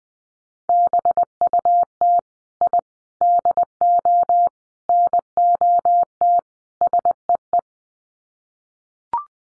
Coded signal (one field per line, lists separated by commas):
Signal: Morse code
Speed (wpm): 20 wpm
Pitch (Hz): 700 Hz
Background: none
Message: BUT I DO NOT SEE